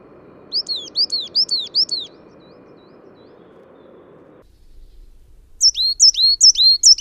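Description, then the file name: Coal tit song in two bursts of several quick high two-note phrases, with a silent gap of a few seconds between them. "periparus ater"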